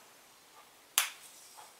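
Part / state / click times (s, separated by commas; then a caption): punched paper chevron strip interlocking with another strip / seated / 1.0 s. The next chevron points of a punched paper chevron strip are pressed together with another strip. They snap into place with one sharp, bright click at 1.0 s, with only faint quiet handling sounds around it. The strips interlock and are seated.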